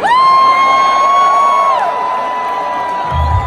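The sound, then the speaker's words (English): A crowd at a band's concert cheers loudly, with a sustained high-pitched whoop carrying over the roar for about two seconds before it fades into steady cheering and applause. “Most of them give a similar cheer like that.”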